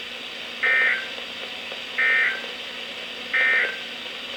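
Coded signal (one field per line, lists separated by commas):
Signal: Emergency Alert System (SAME) tones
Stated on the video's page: NOAA weather radio alerts received on a thrift-store Reecom R1650 set up in a garage, from 162.550, 162.475 and 162.450 MHz transmitters.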